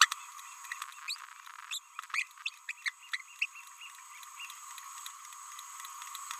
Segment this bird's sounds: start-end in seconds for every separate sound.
0.01-0.08, 0.71-0.73, 1.08-1.16, 2.13-2.26, 2.69-2.72, 2.86-2.92, 3.41-3.46